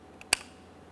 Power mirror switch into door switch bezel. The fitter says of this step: After an audible click, we're going to give it a wiggle.